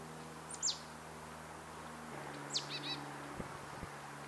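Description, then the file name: Marsh tit calls, faint: two sharp, high downward-slurred notes, the second followed by a short pair of nasal notes, over a steady low hum and a few soft knocks. "Poecile palustris"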